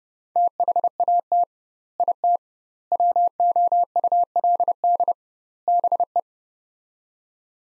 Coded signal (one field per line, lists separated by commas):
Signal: Morse code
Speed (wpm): 32 wpm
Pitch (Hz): 700 Hz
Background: none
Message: THAT IT WOULD BE